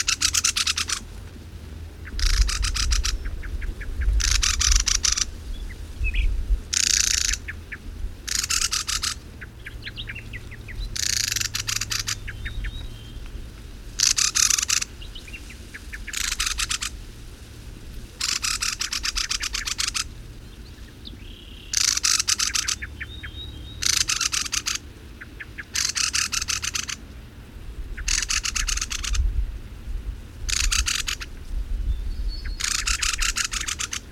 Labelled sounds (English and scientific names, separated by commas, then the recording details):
Mistle Thrush (Turdus viscivorus) call
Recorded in the wild
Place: Melnik, Blagoewgrad, BG
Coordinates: 41.525, 23.392
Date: 1974-05-23
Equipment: Nagra III BH, Sennheiser MD 21, parabola
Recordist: Schubert, Michael